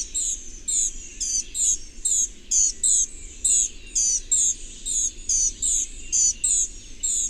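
High, ringing bird chirps repeated in an uneven rhythm, some paired, each with a downward flick, over faint background noise.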